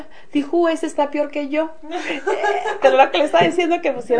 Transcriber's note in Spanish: risas